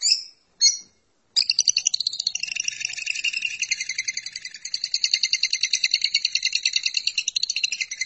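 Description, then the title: Lovebird song: two short squeaky notes, then a continuous rapid buzzy twittering chatter running to the end. "BM Suara Burung Lovebird"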